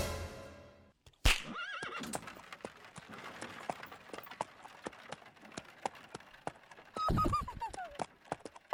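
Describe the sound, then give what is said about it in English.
Horses pulling wagons around Devil's Tower; a horse lets out a shrill, wavering whinny early on and another near the end, while hooves clip-clop in a steady, quick rhythm the whole way through. “We're going to make these horse and wagons go around the Devil's Tower backwards 6 times.”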